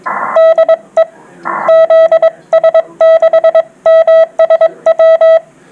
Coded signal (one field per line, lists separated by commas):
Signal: Morse code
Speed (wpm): 22 wpm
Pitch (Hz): 650 Hz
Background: none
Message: DE ZS6MSW